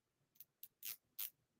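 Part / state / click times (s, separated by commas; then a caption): plastic zip tie tail into its ratchet head / seated / 0.4 s, 0.6 s. A plastic zip tie's tail is pushed through its ratchet head, flat side up, on a wreath ring board. Sharp ratchet clicks land at 0.4 s and 0.6 s, followed by two longer, louder, bright bursts around 0.9 s and 1.2 s. The zip tie ratchets and locks in place.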